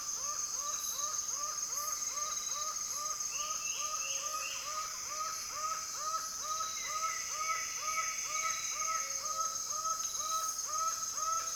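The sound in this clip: Laughing falcon giving steady repeated arched notes, about two per second, with a constant shrill insect hum behind.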